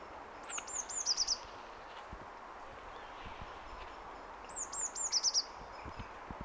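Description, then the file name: Eurasian blue tit giving a high, thin call: several sliding notes followed by a quick trilled run, heard twice roughly four seconds apart, with faint hiss behind. "Cyanistes caeruleus"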